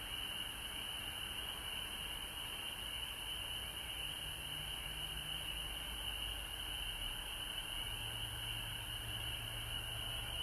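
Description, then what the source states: Frogs calling in a dense, continuous high-pitched chorus, a steady shimmering trill that never pauses, over a faint low hum. Frogs recorded at home in Georgia on March 19, 2020.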